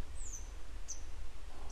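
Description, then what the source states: Grey wagtail calls: a high thin note sliding downward, then two short sharp high chips later, with constant low-frequency rumble underneath. A pair, still searching for their young today; follow-up report.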